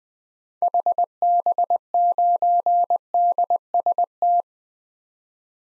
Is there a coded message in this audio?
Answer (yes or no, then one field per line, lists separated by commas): yes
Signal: Morse code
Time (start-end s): 0.6-4.4 s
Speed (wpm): 20 wpm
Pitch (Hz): 700 Hz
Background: none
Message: HB9DST